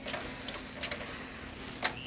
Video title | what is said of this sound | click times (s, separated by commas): Last Chance for Intel x STWARS giveaway codes! Join both active giveaways via !giveaway | and this is your tab that will go into a notch right here so you should hear that click in and then you're good to go | 1.8 s